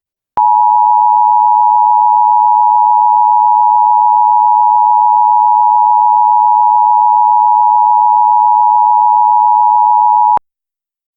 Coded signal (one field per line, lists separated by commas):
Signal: Emergency Alert System (SAME) tones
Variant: 853 and 960 Hz attention tone